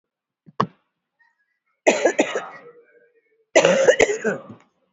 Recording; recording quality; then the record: heavy voluntary cough; excellent, no background noise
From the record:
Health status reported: respiratory illness, not identified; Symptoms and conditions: fever, fatigue, muscle pain, asthma, diabetes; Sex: female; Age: 70 years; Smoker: no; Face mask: worn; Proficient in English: no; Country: India